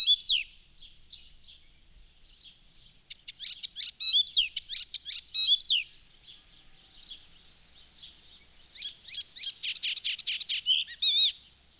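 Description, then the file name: Icterine warbler song: soft repeated notes at first, then loud bursts of varied phrases with whistles, a pause, and a rapid series of notes. "Spotvogel"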